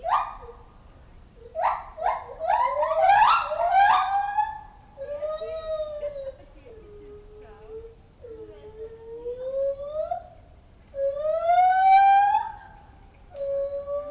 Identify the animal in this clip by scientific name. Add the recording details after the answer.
Hylobates lar. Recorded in captivity. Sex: pair. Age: adult. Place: Tiergarten Nürnberg, Bayern, DE. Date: 1995-09-08. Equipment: Nagra SN, Sennheiser ME 80, Kopie Uher 4000 Report Monitor. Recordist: Tembrock, Günter